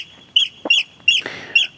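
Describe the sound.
Eurasian oystercatcher giving sharp, piercing alarm calls, four loud shrill notes evenly spaced.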